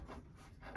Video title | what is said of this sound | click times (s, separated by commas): 2 of 3 Garage Cabinets | right into that slot and then they snap into place just like that um | 0.8 s